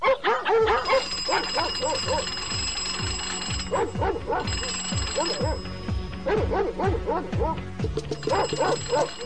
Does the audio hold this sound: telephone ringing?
yes